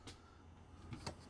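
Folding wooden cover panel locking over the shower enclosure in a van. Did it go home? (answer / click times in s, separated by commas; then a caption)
yes / 1.1 s. A folding wooden cover panel over the shower enclosure in a van is folded down and locked into place. After a low background hum with a faint knock near 0.1 s, a dull thud at about 0.9 s comes just before a sharp click at 1.1 s, and a brief tick follows at the end. The click is the panel seating and locking in position.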